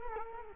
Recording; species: mosquito wingbeat signal from an infrared sensor; Culex quinquefasciatus